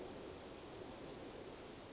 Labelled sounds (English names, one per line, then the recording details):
Yellowhammer song
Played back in forest
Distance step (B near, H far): G
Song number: 153